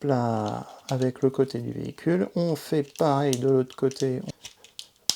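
Someone talks while the plastic side panel of a transforming robot toy is pressed onto the truck flatbed on the other side. Small plastic taps follow, with the side panel clicking into place at 4.8 s and a sharp snap at 5.1 s as it seats.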